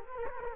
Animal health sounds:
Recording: mosquito wingbeat signal from an infrared sensor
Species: Culex quinquefasciatus

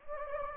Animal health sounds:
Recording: mosquito wingbeat signal from an infrared sensor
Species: Anopheles gambiae

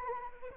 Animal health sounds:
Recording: mosquito wingbeat signal from an infrared sensor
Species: Anopheles arabiensis

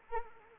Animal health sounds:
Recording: mosquito wingbeat signal from an infrared sensor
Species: Anopheles arabiensis

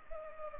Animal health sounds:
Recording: mosquito wingbeat signal from an infrared sensor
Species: Culex pipiens

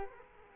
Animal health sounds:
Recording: mosquito wingbeat signal from an infrared sensor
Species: Culex quinquefasciatus

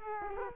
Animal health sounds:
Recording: mosquito wingbeat signal from an infrared sensor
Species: Culex quinquefasciatus

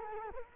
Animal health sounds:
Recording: mosquito wingbeat signal from an infrared sensor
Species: Culex quinquefasciatus

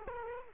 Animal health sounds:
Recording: mosquito wingbeat signal from an infrared sensor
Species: Culex quinquefasciatus

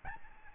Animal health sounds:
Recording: mosquito wingbeat signal from an infrared sensor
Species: Aedes albopictus

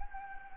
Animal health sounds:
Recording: mosquito wingbeat signal from an infrared sensor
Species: Anopheles gambiae

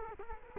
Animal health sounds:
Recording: mosquito wingbeat signal from an infrared sensor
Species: Culex quinquefasciatus

